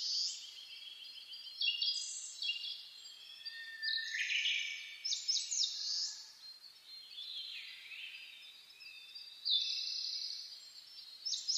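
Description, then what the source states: Bird chorus of several overlapping singers, high trilled runs and quick chirping phrases following one another without pause. Dawn chorus (reimei) recorded on 10 May 2010.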